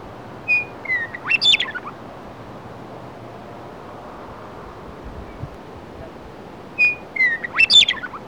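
Western meadowlark song given twice, about six seconds apart, each phrase starting with whistled notes and ending in a fast gurgling cascade.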